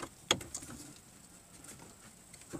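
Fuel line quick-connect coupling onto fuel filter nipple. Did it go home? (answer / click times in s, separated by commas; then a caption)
yes / 0.3 s. A fuel hose quick-connect coupling is pushed onto the nipple of a new fuel filter on a Volvo S60/S80/V70 during a fuel filter replacement. A sharp, bright click at 0.3 s is followed by a few faint taps and rustles. The coupling locks in place and is seated.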